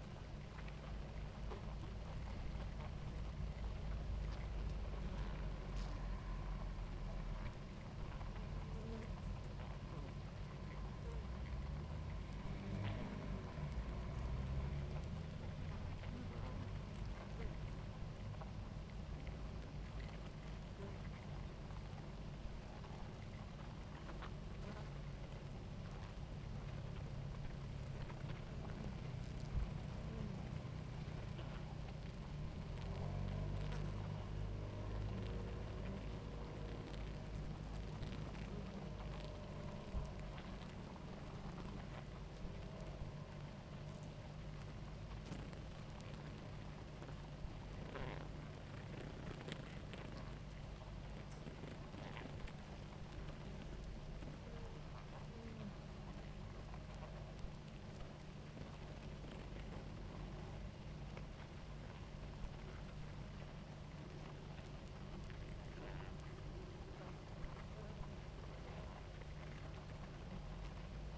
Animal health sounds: honeybee colony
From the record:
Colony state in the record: active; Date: 28 July 2017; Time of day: 18:18

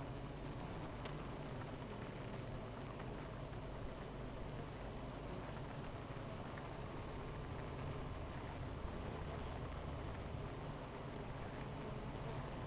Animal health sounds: honeybee colony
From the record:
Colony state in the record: missing queen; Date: 14 July 2017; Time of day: 10:18

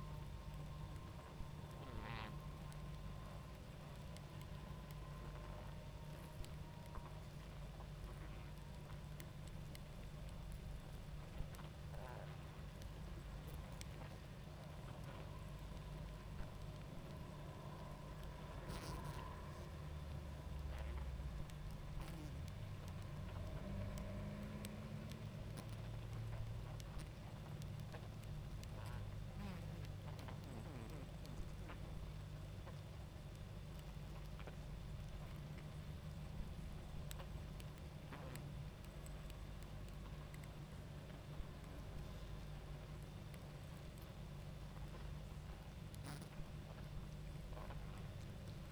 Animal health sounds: honeybee colony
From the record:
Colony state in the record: active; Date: 28 July 2017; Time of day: 21:51

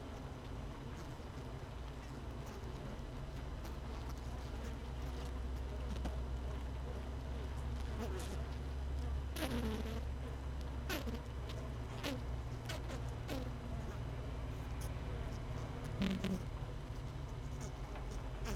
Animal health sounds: honeybee colony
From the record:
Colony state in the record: missing queen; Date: 31 May 2018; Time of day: 17:25

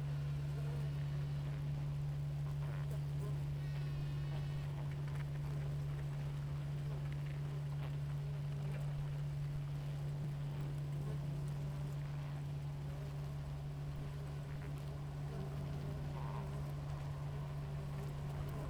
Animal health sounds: honeybee colony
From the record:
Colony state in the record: active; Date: 28 July 2017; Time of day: 6:25

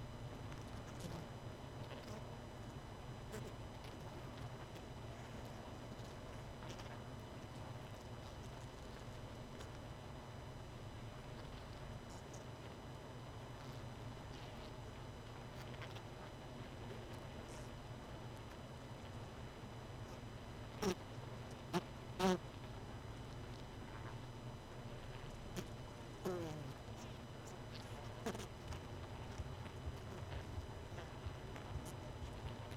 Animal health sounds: honeybee colony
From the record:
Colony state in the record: missing queen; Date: 31 May 2018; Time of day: 20:52

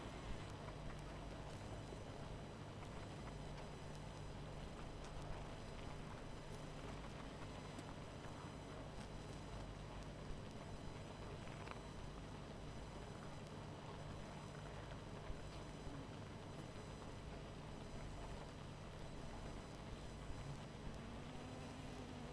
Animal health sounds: honeybee colony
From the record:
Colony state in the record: missing queen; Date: 14 July 2017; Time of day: 21:57

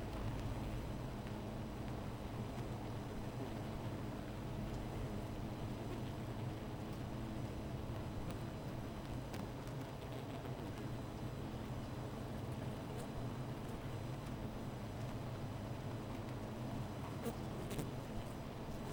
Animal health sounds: honeybee colony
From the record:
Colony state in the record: missing queen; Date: 14 July 2017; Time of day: 15:54

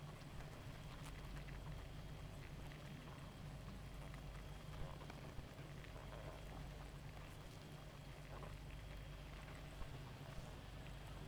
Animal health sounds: honeybee colony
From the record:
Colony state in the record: active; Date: 28 July 2017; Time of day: 0:45

